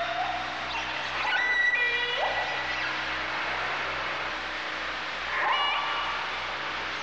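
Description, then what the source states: Dolphins whistling: several rising and falling tonal whistles overlap, some swooping upward sharply, over a steady hiss and a low pulsing hum. Dolphins communicating.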